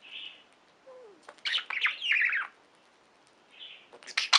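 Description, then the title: Budgerigar chirps and harsh squawks in a short burst over faint background hiss, with softer notes before and after and another loud burst at the end. "Budgie Sounds"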